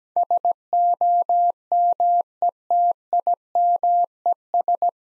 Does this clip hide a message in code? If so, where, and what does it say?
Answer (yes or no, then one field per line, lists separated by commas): yes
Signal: Morse code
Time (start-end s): 0.2-4.9 s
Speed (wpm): 17 wpm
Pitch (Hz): 700 Hz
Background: none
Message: SOMETIMES